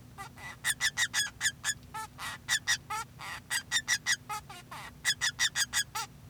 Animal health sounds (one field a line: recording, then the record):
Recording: song of a male Bengalese finch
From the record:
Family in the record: son of father 2